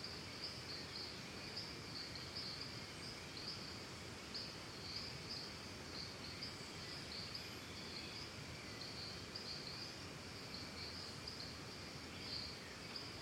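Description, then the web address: Crickets keep up a steady high trilling with many quick brighter pulses, over an even hissing background. Costa Rica; calm forest and jungle ambience with crickets. "Big Room Sound Birds Crickets Costa Rica Calm"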